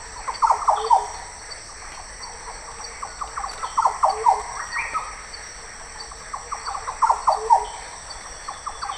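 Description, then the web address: Green oriole calls: three bursts of rapid, gurgling, clipped notes about every three and a half seconds, against a constant high-pitched insect drone. "voix doiseaux loriot des paletuviers oriolus flavocinctus"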